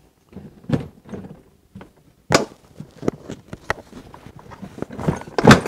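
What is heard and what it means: A plastic Milwaukee Packout tool crate is lowered onto a modular toolbox stack and pushed down, with several bumps and plastic knocks before its locking tabs engage. Sharp plastic clacks land at 3.7 s and 5.4 s as the crate locks into place, joining the two as one unit.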